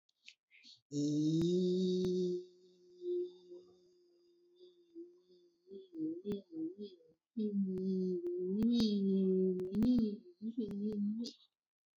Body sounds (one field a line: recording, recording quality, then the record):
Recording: sustained vowel as in beet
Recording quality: excellent, no background noise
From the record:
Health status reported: exposed to COVID-19, no respiratory illness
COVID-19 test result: not tested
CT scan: not taken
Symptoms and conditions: none ticked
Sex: male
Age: 25 years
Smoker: no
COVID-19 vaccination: both doses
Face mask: worn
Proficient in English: yes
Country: India